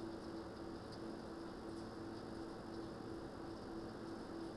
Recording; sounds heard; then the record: poultry house recording; no chicken sound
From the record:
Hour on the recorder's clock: 21